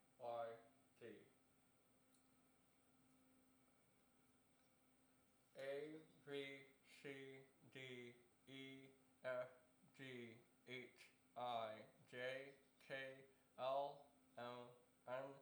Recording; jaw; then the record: letters of the alphabet, spoken; constrained by a bite bar between the teeth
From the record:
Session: first day, right after the free take